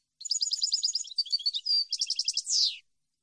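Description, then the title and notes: European goldfinch singing one fast, liquid phrase of high chattering notes and trills that ends in a harsh, buzzy downward sweep; nothing else audible. Clean goldfinch song from a CD intended for song copying and training. "Cd Jilguero. Cd de canto de jilguero limpio para copia"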